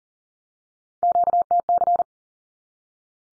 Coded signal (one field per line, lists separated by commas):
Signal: Morse code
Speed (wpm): 40 wpm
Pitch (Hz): 700 Hz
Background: none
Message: QTC